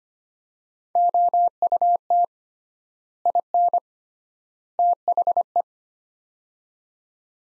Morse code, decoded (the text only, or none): OUT IN THE